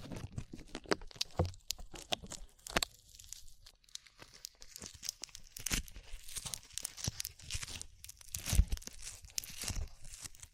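Sticky slime sounds fill the clip: wet squelches and tacky pulls with a tearing, crinkling edge. Crackly bursts come in quick, irregular clusters throughout, some brief and bright, with a sharper thump near eight and a half seconds.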